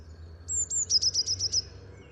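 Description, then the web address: Eurasian blue tit call: two thin, very high drawn-out notes, then a quick trill of several pulsing notes, over faint low background hum. "cianscape. Deverinetal"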